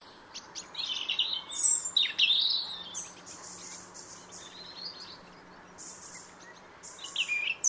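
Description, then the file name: European robin singing: loud high warbled phrases with quick sweeping notes, then softer thin repeated notes, another short loud phrase at the end. "Erithacus rubecula"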